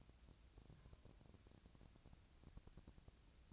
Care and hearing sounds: daily activity, microphone in the room; take from stove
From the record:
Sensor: 2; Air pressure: 999.8 hPa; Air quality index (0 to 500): 123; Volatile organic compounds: 2 ppm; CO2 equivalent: 1063 ppm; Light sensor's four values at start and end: 36/89/39/44 and 36/89/39/44

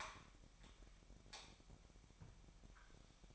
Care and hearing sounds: daily activity, microphone in the room; light off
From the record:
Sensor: 1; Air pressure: 1012.0 hPa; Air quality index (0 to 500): 237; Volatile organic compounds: 6 ppm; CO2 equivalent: 1889 ppm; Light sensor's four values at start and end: 18/50/20/22 and 15/35/15/17

